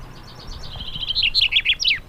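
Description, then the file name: Common chaffinch song: a quick run of bright, high notes descending in steps, ending in a sharp downward flourish. "Fringilla coelebs"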